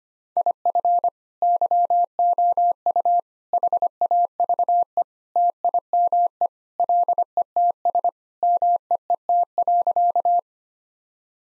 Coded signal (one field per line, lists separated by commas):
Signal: Morse code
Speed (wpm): 25 wpm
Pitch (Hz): 700 Hz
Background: none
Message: IF YOU HAVE TIME LETS MEET.